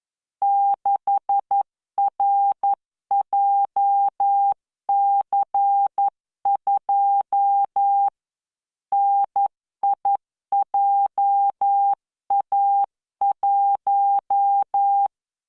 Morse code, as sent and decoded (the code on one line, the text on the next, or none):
-.... .-. .--- -.-. ..--- / -. .. .--- .- .----
6RJC2 NIJA1